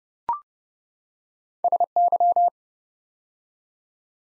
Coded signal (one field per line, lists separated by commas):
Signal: Morse code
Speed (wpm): 29 wpm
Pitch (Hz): 700 Hz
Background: none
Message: SY